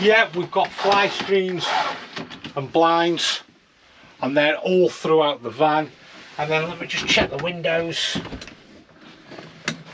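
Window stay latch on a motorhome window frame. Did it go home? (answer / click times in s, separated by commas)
yes / 9.7 s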